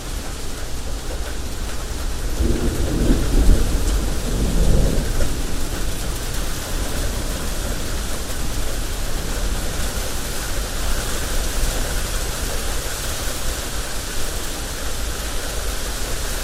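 Steady rain hisses evenly throughout, a dense, fine patter filling the upper range without letup. Between about two and five seconds a soft, low roll of thunder swells and fades, then only the constant rain remains.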